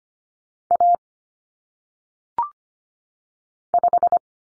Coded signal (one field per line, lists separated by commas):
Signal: Morse code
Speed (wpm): 25 wpm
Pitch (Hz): 700 Hz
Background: none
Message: A 5